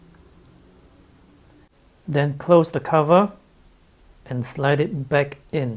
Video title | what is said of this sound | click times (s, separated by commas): GoPro Hero5 Black Quick Start Guide | Use your fingernail to click it in. | 0.5 s